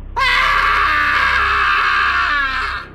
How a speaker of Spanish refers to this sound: Otra ola pesada rompió contra las ruinas del embarcadero abandonado, y el loco susurro del viejo se convirtió en un alarido inhumano que helaba la sangre.